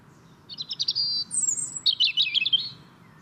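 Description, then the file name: European robin song: two high, sweet warbling phrases of trills and thin whistles separated by a sustained very high note, over low steady hum. "Erithacus rubecula"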